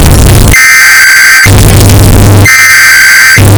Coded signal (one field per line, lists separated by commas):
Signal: Emergency Alert System (SAME) tones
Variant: header bursts